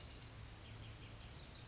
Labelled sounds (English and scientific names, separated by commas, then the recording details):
Brown Creeper (Certhia americana)
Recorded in Sonoma County, California